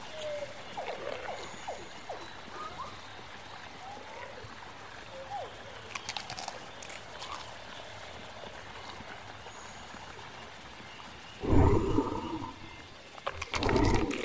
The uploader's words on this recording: Jurassic world ambience |prehistoric forest | dinosaur sounds.